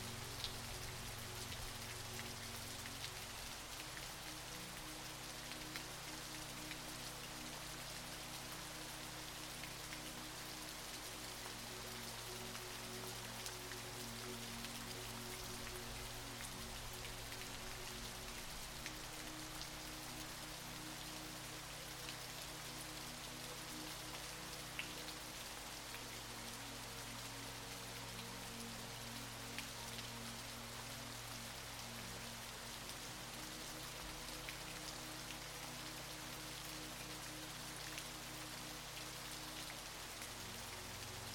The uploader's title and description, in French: une CASCADE Susurrante et une MUSIQUE Douce. Une cascade susurrante, fusionnant harmonieusement avec des mélodies douces